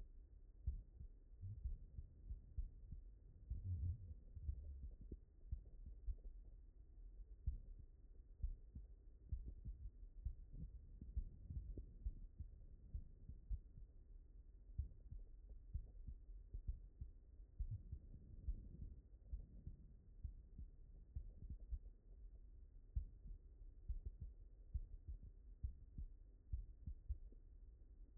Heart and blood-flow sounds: heart sounds by stethoscope; mitral valve (MV)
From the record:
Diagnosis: non-HFrEF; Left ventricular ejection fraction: 63%

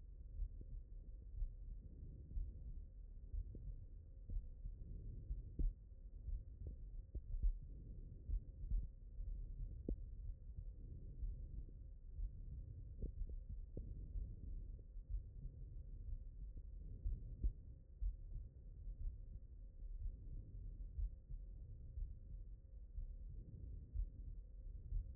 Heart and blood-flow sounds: heart sounds by stethoscope; aortic valve (AV)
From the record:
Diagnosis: non-HFrEF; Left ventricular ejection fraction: 62%

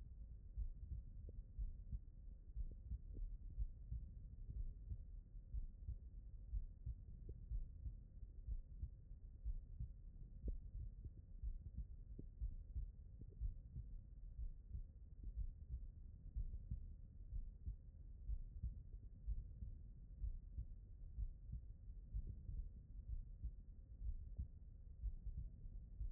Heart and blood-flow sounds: heart sounds by stethoscope; aortic valve (AV)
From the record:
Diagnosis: non-HFrEF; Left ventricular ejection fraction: 61%

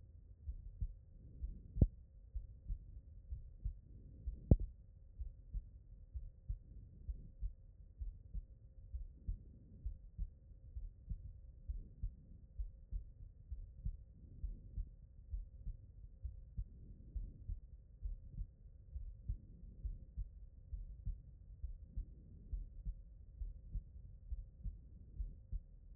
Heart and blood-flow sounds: heart sounds by stethoscope; aortic valve (AV)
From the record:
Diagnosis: non-HFrEF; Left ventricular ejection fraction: 52%

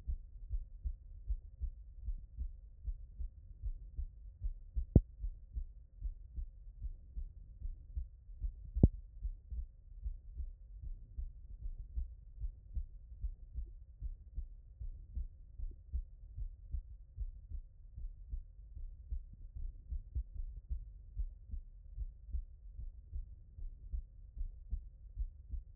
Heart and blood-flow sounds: heart sounds by stethoscope; tricuspid valve (TV)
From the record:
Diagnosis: HFrEF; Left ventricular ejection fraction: 35%

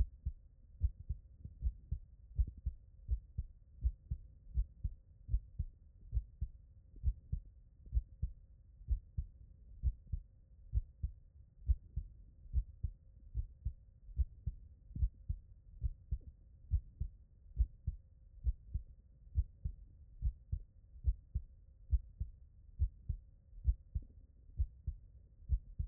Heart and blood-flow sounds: heart sounds by stethoscope; tricuspid valve (TV)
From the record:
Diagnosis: non-HFrEF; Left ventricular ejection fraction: 65%

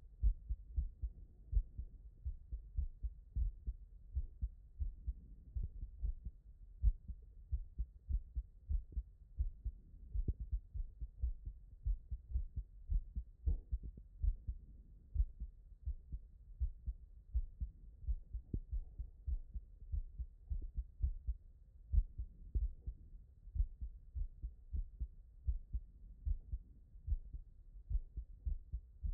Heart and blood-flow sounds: heart sounds by stethoscope; tricuspid valve (TV)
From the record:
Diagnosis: non-HFrEF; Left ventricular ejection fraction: 74%

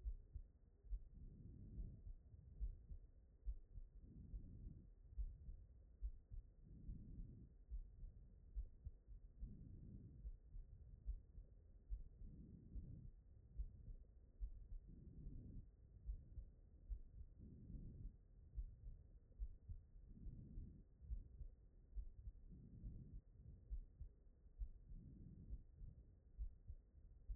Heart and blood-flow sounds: heart sounds by stethoscope; tricuspid valve (TV)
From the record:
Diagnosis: non-HFrEF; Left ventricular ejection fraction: 42%

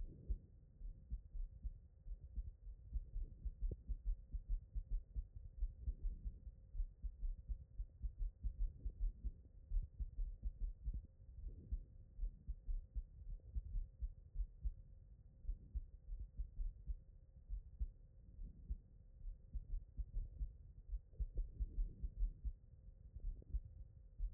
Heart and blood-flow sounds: heart sounds by stethoscope; pulmonary valve (PV)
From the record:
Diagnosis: non-HFrEF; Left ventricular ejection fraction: 49%

